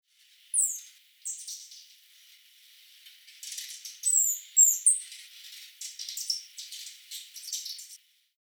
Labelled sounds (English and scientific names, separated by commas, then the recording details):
Sparkling Violetear (Colibri coruscans)
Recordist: Tembrock, Günter
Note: Rufe im Schwirrflug